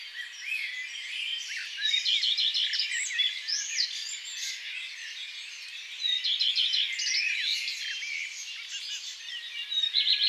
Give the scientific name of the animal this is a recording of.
Phoenicurus phoenicurus